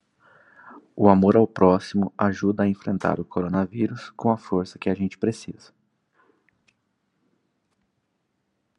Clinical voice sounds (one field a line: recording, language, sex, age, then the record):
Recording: spoken sentence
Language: Brazilian Portuguese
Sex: male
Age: 20 to 29 years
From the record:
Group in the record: control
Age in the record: 28 years